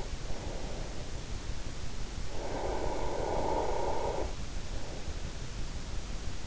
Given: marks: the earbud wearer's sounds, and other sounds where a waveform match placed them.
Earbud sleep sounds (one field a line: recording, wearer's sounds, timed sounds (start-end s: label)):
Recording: sounds in sleep by an in-ear microphone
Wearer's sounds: snoring breath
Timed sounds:
0.49-4.86 s: snoring breath